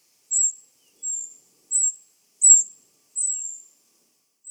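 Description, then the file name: Eurasian wren calling: a series of high, slightly drawn-out notes, about one every second or less, six in all, no other sounds. "Troglodytes troglodytes"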